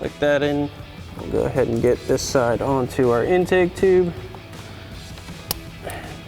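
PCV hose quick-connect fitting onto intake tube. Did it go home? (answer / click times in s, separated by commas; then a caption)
yes / 5.5 s. Someone talks while fitting the 45-degree quick-connect fitting of the PCV hose onto the aluminum intake tube nipple of a cold air intake on a 2019-2024 5.3L Sierra 1500. A sharp snap at 5.5 seconds marks the fitting locking onto the intake tube, seated.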